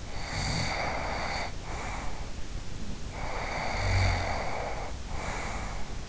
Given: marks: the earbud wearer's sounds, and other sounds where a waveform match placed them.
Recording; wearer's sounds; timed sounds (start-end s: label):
sounds in sleep by an in-ear microphone; snoring breath
0.00-2.34 s: snoring breath
3.02-5.98 s: snoring breath